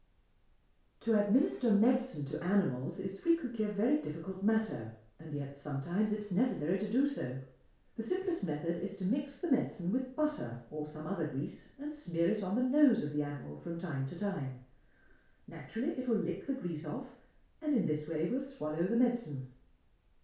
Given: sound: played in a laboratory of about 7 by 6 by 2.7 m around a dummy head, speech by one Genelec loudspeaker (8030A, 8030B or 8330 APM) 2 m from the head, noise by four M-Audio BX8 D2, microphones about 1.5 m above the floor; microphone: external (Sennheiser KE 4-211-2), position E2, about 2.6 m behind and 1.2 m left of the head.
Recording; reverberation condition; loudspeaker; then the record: female speech in English; medium; 120 degrees to the left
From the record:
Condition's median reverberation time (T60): about 510 ms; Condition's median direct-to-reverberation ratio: about -0.5 dB